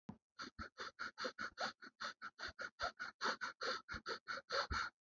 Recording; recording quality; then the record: shallow breathing; excellent, no background noise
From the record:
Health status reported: healthy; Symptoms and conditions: none ticked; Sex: male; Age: 33 years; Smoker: not ticked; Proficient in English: yes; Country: India